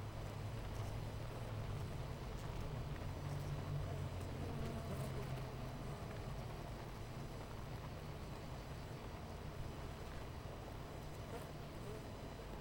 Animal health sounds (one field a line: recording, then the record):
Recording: honeybee colony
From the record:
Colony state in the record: missing queen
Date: 14 July 2017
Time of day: 9:51